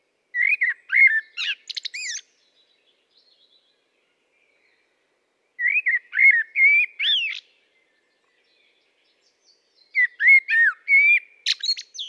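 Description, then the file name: Common blackbird singing three phrases roughly every four to five seconds, each a mellow warbled whistle ending in high, scratchy twitters. "Turdus merula"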